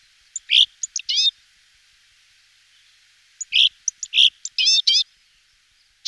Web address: gesang. sumpfrohrsaenger